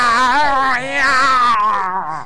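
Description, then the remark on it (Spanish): A person imitates cats in heat with a loud, drawn-out yowling wail that wavers and slides in pitch for about two seconds, dipping briefly before rising again and trailing off. “Es mucho peor, tío, que es muy parecido a este sonido, dos gatos en celo, o sea... Eso es lo puto peor, empiezan...”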